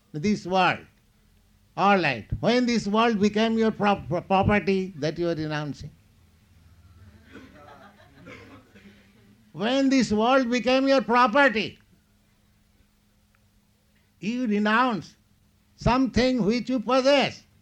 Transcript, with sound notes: "This world." "All right. When this world became your property that you are renouncing? [laughter] When this world became your property?" You renounce something which you possess,